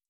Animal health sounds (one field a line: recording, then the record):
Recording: hydrophone in a shrimp aquaculture tank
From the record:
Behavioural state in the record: feeding